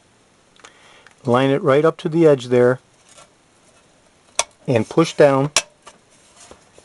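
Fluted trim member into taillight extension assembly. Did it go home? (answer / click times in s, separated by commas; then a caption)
no / none. The outer fluted trim member is lined up against the edge of a painted taillight extension assembly from a 1970 Cadillac Eldorado and pressed down while someone talks. Faint handling taps come near 0.6 and 1.1 s, with a sharp knock at 4.4 s. The clip ends with nothing yet seated or clicked into place.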